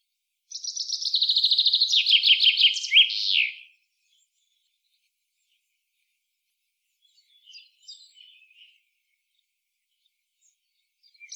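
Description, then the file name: Common chaffinch singing one full phrase, a quick cascading trill that drops in pitch and closes with an emphatic flourish, then faint scattered chirps in near silence. "Fringilla coelebs"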